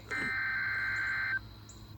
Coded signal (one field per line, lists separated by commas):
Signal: Emergency Alert System (SAME) tones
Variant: header bursts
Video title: KXI42 Required Weekly Test. 9/17/25 EAS #494